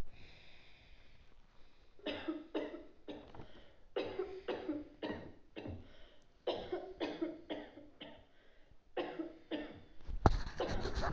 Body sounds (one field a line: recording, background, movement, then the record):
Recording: deep breathing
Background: a bystander coughing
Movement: sitting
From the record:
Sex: male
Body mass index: 23.7 kg/m2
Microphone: on the chest, facing outward